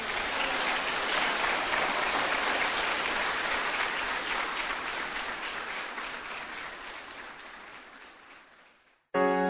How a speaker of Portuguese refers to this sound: Aplaudam o seu Deus.